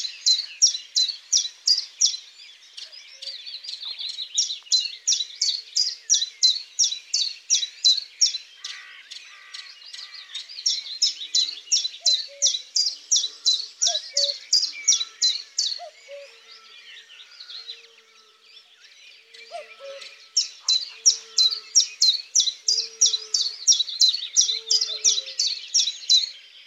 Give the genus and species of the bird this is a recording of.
Phylloscopus collybita